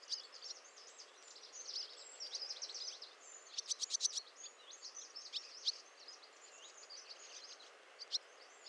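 Twittering swallow calls, quick high warbled notes with a short dry rattle in the middle, then scattered chirps over steady background noise.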